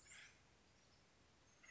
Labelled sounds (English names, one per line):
Acorn Woodpecker